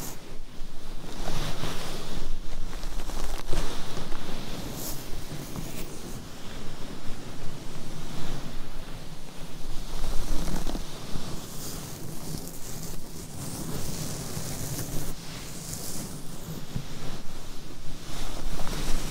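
Microphone scratching fills the whole 19 seconds with a dense, rough rustle over a steady low rumble, like wind or surf. Quick scraping strokes come constantly, with brighter, harsher bursts near 1.5, 5, 10.5 and 15.5 seconds.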